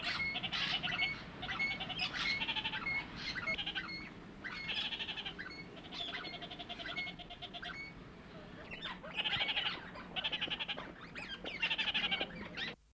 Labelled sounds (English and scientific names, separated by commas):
Red-crowned Parakeet (Cyanoramphus novaezelandiae) call